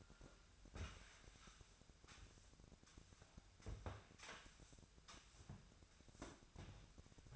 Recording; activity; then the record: daily activity, microphone in the room; sweep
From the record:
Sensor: 2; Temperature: 25.5 degrees Celsius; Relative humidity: 38.8%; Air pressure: 1006.8 hPa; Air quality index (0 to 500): 198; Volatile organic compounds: 13 ppm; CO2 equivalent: 2426 ppm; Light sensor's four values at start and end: 9/22/9/9 and 9/22/9/9